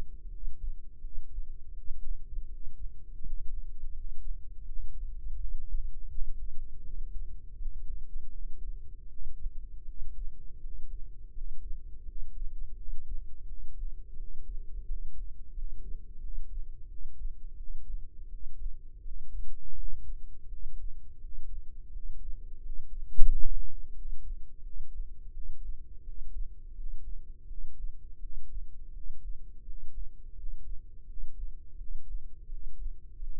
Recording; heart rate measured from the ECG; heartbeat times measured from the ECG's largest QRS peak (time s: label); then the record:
heart sounds by microphone in the left ear; 84 bpm
0.31 s: heartbeat
1.01 s: heartbeat
1.74 s: heartbeat
2.50 s: heartbeat
3.23 s: heartbeat
3.94 s: heartbeat
4.66 s: heartbeat
5.38 s: heartbeat
6.09 s: heartbeat
6.83 s: heartbeat
7.57 s: heartbeat
8.32 s: heartbeat
9.09 s: heartbeat
9.86 s: heartbeat
10.61 s: heartbeat
11.33 s: heartbeat
12.05 s: heartbeat
12.76 s: heartbeat
13.46 s: heartbeat
14.17 s: heartbeat
14.86 s: heartbeat
15.54 s: heartbeat
16.21 s: heartbeat
16.88 s: heartbeat
17.57 s: heartbeat
18.30 s: heartbeat
19.03 s: heartbeat
19.75 s: heartbeat
20.49 s: heartbeat
21.21 s: heartbeat
21.92 s: heartbeat
22.61 s: heartbeat
23.28 s: heartbeat
23.95 s: heartbeat
24.63 s: heartbeat
25.33 s: heartbeat
26.04 s: heartbeat
26.75 s: heartbeat
27.47 s: heartbeat
28.20 s: heartbeat
28.93 s: heartbeat
29.65 s: heartbeat
30.35 s: heartbeat
31.07 s: heartbeat
31.78 s: heartbeat
32.49 s: heartbeat
33.19 s: heartbeat
From the record:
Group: healthy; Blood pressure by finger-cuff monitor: 99/59 mmHg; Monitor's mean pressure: 69 mmHg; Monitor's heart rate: 84 bpm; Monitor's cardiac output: 7.7 L/min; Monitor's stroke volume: 91 mL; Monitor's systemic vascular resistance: 640 dyn s/cm5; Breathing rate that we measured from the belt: 16 breaths a minute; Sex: male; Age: 19 years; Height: 178 cm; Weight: 83 kg